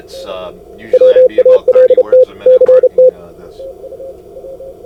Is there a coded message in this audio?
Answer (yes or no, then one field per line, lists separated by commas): yes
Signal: Morse code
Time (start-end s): 0.9-3.1 s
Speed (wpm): 34 wpm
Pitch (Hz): 510 Hz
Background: speech, radio noise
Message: WALT CT